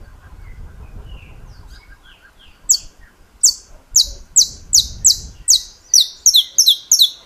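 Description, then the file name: Saffron finch song begins after a quiet start with low rumbling, then loud, sharp, descending chips that speed up and pair toward the end. "Canto-do-Canário-da-Terra"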